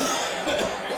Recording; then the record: coughing mixed with background sound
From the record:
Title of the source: Residual Phlegmy Morning Coughing and Gagging